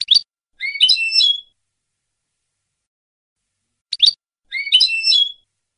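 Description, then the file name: European goldfinch song: a brief sharp note then a bright, tinkling twitter phrase, given twice roughly four seconds apart over silence. "audio burung goldfinch"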